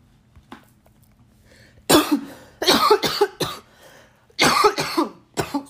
That's a weed cough. It's not the Rona.